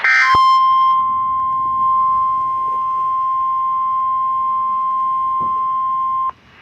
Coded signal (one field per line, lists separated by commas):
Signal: Emergency Alert System (SAME) tones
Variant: 1050 Hz attention tone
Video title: EAS Alerts (EAS 105-111) 4/15/23